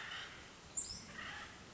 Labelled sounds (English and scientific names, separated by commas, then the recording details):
Acorn Woodpecker (Melanerpes formicivorus)
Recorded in Sonoma County, California